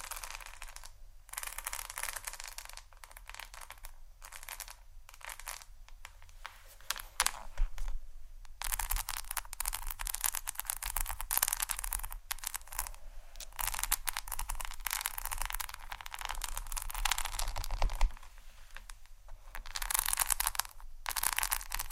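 Hair being brushed and combed in repeated bristly strokes, each a dense, crackling rush of bright scratching. Strokes come in bursts with short quiet gaps between them, busiest through the middle, while a faint low hum runs underneath throughout.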